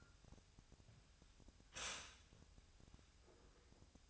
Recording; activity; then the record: daily activity, microphone in the room; stop toaster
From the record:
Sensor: 2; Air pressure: 1001.7 hPa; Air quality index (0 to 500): 243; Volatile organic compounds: 35 ppm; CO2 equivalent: 3069 ppm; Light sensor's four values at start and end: 10/31/12/12 and 10/32/12/12